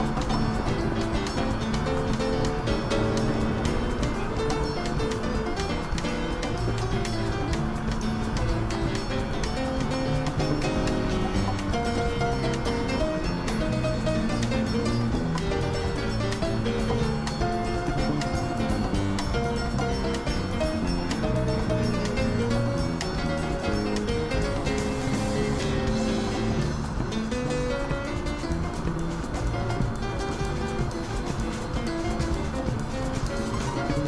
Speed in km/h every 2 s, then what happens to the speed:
76, 74, 74, 71, 70, 68, 67, 64, 63, 63, 63, 63, 63, 63, 64, 66, 67.
0-16 slows to 63. 16-34 steady at about 63.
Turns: none.